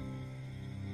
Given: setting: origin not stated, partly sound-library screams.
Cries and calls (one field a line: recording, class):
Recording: one-second piece from a danger detection set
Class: normal situation